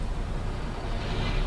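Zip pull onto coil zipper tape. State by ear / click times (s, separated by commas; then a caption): not seated / none. A metal zip pull is fitted at an angle onto coil zip tape and lined up before being pushed on. Only a steady, broadband rumbling background noise is heard, with no distinct sudden sounds. The pull has not clicked onto the coil yet.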